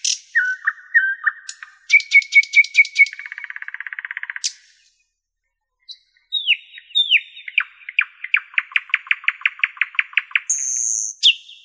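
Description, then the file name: Nightingale song with changing phrases: slurred notes, a rapid stuttering series, a low buzzy trill, after a pause a long run of quick repeated notes, and a high whistle. "solovey"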